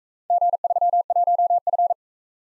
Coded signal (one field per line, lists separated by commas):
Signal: Morse code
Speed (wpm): 43 wpm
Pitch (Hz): 700 Hz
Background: none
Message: G31F